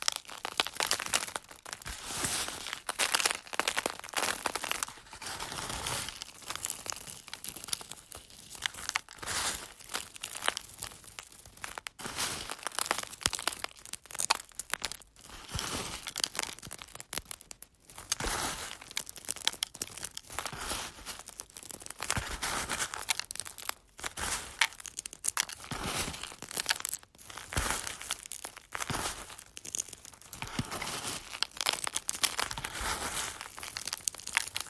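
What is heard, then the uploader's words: Eggs are crunched in a steady, dense stream of crisp cracking and crinkling, with sharp bright snaps packed closely together. The crackle continues almost without pause for the whole stretch, broken by a few brief near-silent gaps around 12, 18 and 27 seconds. ASMR Crunching Eggs.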